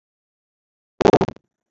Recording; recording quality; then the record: sustained vowel as in boot; poor, much background noise or distortion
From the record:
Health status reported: exposed to COVID-19, no respiratory illness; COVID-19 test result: not tested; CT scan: not taken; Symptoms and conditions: none ticked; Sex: male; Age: 31 years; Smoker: no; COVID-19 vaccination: both doses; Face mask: not worn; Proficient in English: yes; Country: India